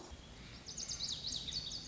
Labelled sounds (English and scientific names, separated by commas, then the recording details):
Lazuli Bunting (Passerina amoena)
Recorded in Sonoma County, California